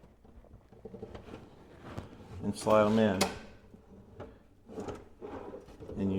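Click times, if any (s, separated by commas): none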